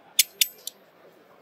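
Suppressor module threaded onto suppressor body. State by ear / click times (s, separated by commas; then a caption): seated / 0.2 s, 0.4 s, 0.7 s. A metal section of a modular .22 suppressor is threaded by hand onto the next section, using a proprietary thread that cannot cross-thread. Three sharp metallic clicks ring out at 0.2, 0.4 and 0.7 seconds, the last one quieter, over a faint background. The section seats and locks into place by hand.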